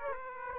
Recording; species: mosquito wingbeat signal from an infrared sensor; Aedes aegypti